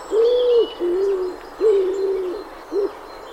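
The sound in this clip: Wood pigeon giving low hollow coos: a long rounded note, a shorter one, a longer drawn coo, then a brief clipped final note, with a soft hiss behind.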